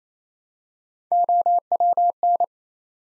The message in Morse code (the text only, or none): OWN